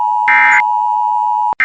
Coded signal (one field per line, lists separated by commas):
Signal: Emergency Alert System (SAME) tones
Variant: end-of-message bursts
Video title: *VAILD TONES* EAS Mock: When NOAA weather radio goes crazy